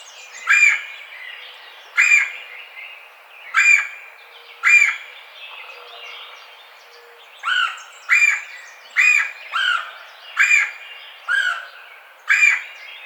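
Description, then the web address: Red-bellied woodpecker calling in rolling churrs, spaced at first, then a faster run of several notes. Recorded 4 May 2009. "Red-bellied Woodpecker 2009 05 04"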